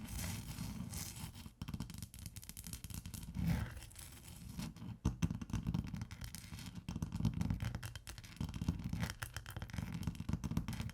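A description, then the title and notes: Irregular scratching and scraping on ice with brief sharp taps, strongest around four, five and nine seconds, over a low rumbling. ASMR Ice Tapping & Scratching (No Talking).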